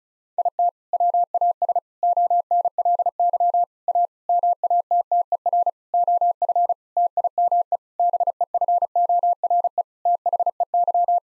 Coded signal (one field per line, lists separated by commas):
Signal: Morse code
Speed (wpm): 34 wpm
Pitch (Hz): 700 Hz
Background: none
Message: IT WAS ONLY A MATTER OF TIME BEFORE THEY